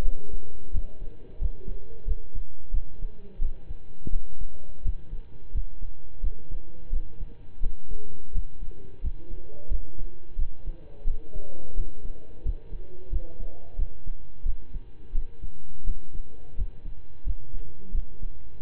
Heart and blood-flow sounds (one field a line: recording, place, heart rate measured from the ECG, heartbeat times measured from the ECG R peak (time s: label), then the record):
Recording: heart sounds by stethoscope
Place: between the tricuspid and mitral areas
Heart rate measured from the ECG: 87 bpm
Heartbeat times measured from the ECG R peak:
0.02 s: heartbeat
0.71 s: heartbeat
1.38 s: heartbeat
2.04 s: heartbeat
2.70 s: heartbeat
3.38 s: heartbeat
4.09 s: heartbeat
4.82 s: heartbeat
5.51 s: heartbeat
6.20 s: heartbeat
6.89 s: heartbeat
7.59 s: heartbeat
8.31 s: heartbeat
9.00 s: heartbeat
9.67 s: heartbeat
10.35 s: heartbeat
11.04 s: heartbeat
11.74 s: heartbeat
12.42 s: heartbeat
13.09 s: heartbeat
13.75 s: heartbeat
14.42 s: heartbeat
15.11 s: heartbeat
15.83 s: heartbeat
16.54 s: heartbeat
17.23 s: heartbeat
17.91 s: heartbeat
18.59 s: heartbeat
From the record:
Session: slow and fast walking with breaks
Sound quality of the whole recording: saturated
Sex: male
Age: 25 years